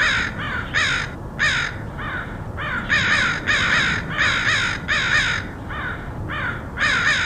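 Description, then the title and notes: Crows giving loud, rasping caws in an irregular overlapping series, some calls long and drawn out, others short, with a low rumble underneath. Crows recorded in Portland, Oregon, USA, in August 2003. "Crows of Portland. Crows recorded by Dan Bodah in Portland, OR, August 2003"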